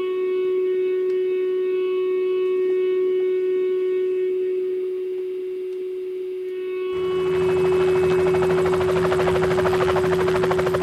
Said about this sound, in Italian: Questo elicottero da sopra e tutti che gridavano salutavano quello che guidava l'elicottero, i militari tutti contenti.